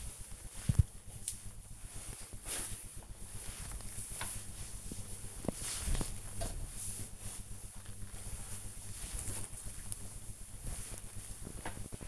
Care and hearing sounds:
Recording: household activities, microphone on the right wrist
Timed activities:
0.00-12.08 s: floor cleaning

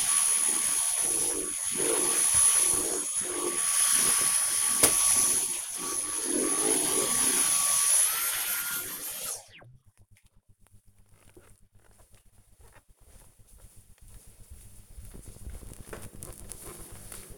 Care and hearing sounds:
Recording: household activities, microphone on the right wrist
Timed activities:
0.00-9.77 s: vacuum cleaning

